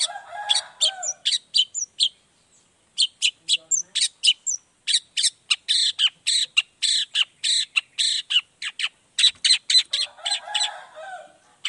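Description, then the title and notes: Long-tailed shrike song: rapid, harsh high notes and sharp chips in fast bursts, with brief pauses and a rougher scratchy phrase near the start and end. Morning; song played to provoke other shrikes to respond quickly and agitatedly; varied 'toet toet' voice. "Cendet Gacor Dor Di Kala Pagi Toet Toet Variasi Suara. Cendet Gacor Langsung Nyaut Emosi Hanya dengan Sekali Putar Bikin Cendet Lainya Cepat Respon Bunyi. Burung cendet"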